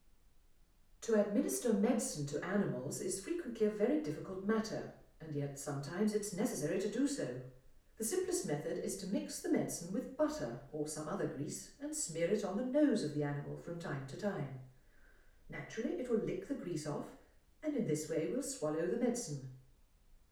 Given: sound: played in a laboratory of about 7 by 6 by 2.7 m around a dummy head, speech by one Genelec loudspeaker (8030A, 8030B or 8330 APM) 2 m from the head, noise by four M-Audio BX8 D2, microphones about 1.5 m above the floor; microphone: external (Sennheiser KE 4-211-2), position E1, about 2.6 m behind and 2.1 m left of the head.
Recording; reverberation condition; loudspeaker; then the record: female speech in English; medium; in front (0 degrees)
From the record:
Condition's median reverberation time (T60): about 510 ms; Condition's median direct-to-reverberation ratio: about -0.5 dB